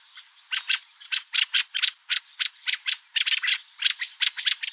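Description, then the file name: Black-throated thrush song: a steady stream of short scratchy notes, often paired, repeated rapidly for several seconds without a break. "Drozd chernozobyj"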